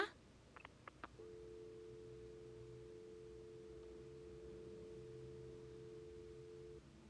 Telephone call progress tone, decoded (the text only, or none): dial tone